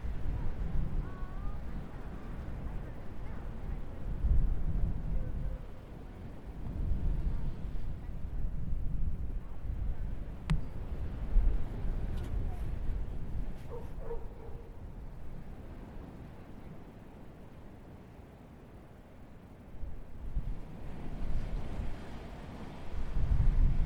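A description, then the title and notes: Outdoor sound at a beach, dominated by a low, steady rumble of wind and surf that swells and eases over the 24 seconds. Faint voices surface now and then, and a brief sharp click lands near the middle. Asbury Park Beach. 12:30 pm.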